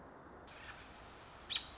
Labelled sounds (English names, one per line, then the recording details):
American Robin
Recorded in Sonoma County, California